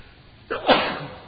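A single sneeze: a short rising intake of breath, then a sharp, loud, breathy burst that trails off over a fraction of a second. No one speaks.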